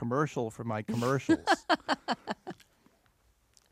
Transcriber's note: laughs